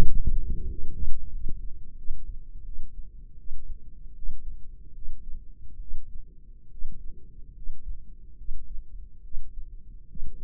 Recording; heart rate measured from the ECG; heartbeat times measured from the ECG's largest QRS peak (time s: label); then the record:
heart sounds by microphone in the left ear; 78 bpm
0.04 s: heartbeat
0.68 s: heartbeat
1.31 s: heartbeat
1.96 s: heartbeat
2.63 s: heartbeat
3.36 s: heartbeat
4.13 s: heartbeat
4.93 s: heartbeat
5.78 s: heartbeat
6.69 s: heartbeat
7.52 s: heartbeat
8.35 s: heartbeat
9.21 s: heartbeat
10.06 s: heartbeat
From the record:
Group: healthy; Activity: rest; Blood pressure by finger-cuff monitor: 138/77 mmHg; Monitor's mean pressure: 97 mmHg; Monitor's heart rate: 77 bpm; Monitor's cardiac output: 6.9 L/min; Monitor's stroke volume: 88 mL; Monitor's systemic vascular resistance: 1030 dyn s/cm5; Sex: female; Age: 22 years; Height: 154 cm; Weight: 58.7 kg